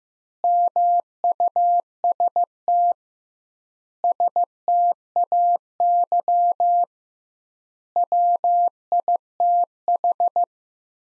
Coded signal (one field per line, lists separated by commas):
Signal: Morse code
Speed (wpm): 15 wpm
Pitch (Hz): 700 Hz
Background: none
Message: MUST STAY WITH